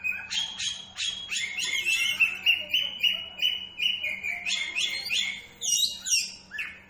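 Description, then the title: Oriental magpie-robin song, fast varied chirps leading into a series of rhythmic repeated whistled notes, then a burst of high sharp notes, with a low hum behind. Two Oriental magpie-robins (kacer) of different character, fired up and singing against each other in full bursts. "Kacer Langsung Tarung Konslet KACER NGOTOT FULL TEMBAKAN. Dua Kacer Berbeda Karakter"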